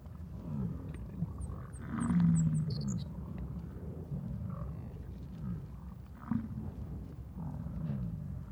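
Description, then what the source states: American bison roaring, one strong low bellow followed by fainter rumbling bellows, with a few high bird chirps early on. In Yellowstone during the rut.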